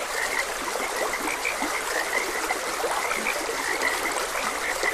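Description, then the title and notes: Many frogs croak in brief repeated bursts while a stream babbles constantly in the background. Frogs croaking beside a gentle stream. "Gentle Stream and Frogs Croaking. Sleep and Relaxation Podcast"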